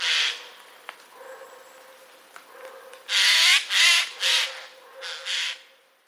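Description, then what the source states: Eurasian jay with one rasping screech, a pause with faint clicks, then a run of five harsh, scratchy alarm shrieks. Warning call; recorded 24 October 2021.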